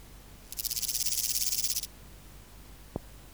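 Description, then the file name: Antiga's grasshopper song: a rapid pulsing buzz of many quick strokes lasting just over a second, followed by a faint click. "Omocestus antigai"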